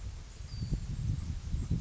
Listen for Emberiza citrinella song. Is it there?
no